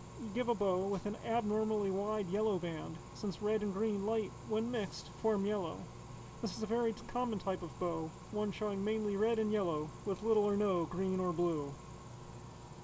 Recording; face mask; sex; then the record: reading aloud; surgical mask; male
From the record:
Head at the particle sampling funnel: tilted down, bridge of the nose in front of it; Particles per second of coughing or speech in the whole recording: 0.276